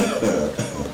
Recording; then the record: coughing mixed with background sound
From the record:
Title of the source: Spring Cold Coughing.